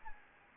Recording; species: mosquito wingbeat signal from an infrared sensor; Anopheles arabiensis